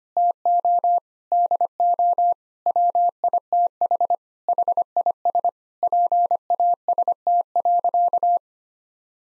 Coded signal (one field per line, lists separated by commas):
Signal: Morse code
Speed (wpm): 25 wpm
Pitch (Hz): 700 Hz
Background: none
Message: TO DO WITH HIS PAST.